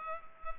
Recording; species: mosquito wingbeat signal from an infrared sensor; Culex pipiens